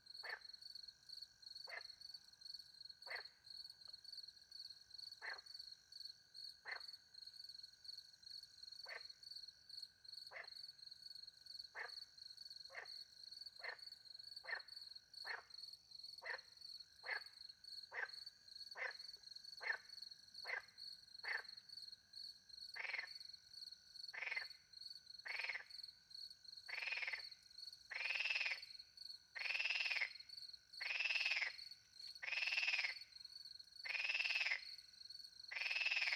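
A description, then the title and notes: Frogs and crickets call at night: a steady high cricket trill beneath repeated sharp frog calls that grow louder, denser and faster toward the end. Frogs and crickets, France. Frogs and crickets in the countryside by night. The microphones were hidden in a tree close to a little pond. Recorded with 2 Usi pro from Label into a Mixpre 10 II.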